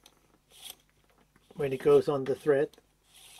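A threaded lens element group is turned by hand to start it on its thread in the barrel of an AF-S Nikkor 55-300mm 1:4.5-5.6 G ED VR DX zoom lens being reassembled after fungus cleaning. Faint handling ticks and a brief soft hiss are heard, and someone talks in the middle of the clip. The part has not clicked onto its thread or seated yet.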